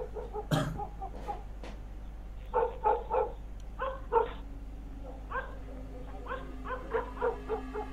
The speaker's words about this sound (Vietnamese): Thậm chí đến đám chó của nhà hàng xóm cũng bắt đầu nghe tiếng hét động mà cắn lên nhắm nha nhắm nhằng vọng đến.